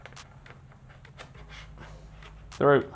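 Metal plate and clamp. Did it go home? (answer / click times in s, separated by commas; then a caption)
no / none. A camera quick release plate, with an XT4 camera, is slid through the clamp of a Zhiyun Weebill 2 gimbal before it latches, giving soft sliding and handling noises while someone talks. The plate has not clicked or seated yet. A louder burst of voice comes near the end, around 2.6 s.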